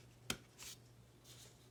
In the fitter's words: so now with this I just push in the feet a little bit I know you can't see that down there but you probably heard the click